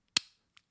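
A release button is pressed on a spring-loaded lancing device for a glucometer, and the cocked lancet fires out and retracts with one sharp click at 0.2 s, done on purpose to show how it sounds. Two much fainter ticks follow at about 0.6 s and 0.7 s.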